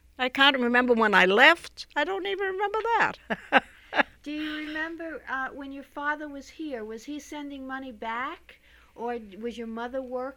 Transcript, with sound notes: I can't remember when I left. I don't even remember that. (she laughs)
Do you remember when your father was here was he sending money back, or was your mother working?